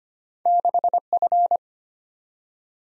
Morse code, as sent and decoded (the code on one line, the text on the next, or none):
-.... ..-.
6F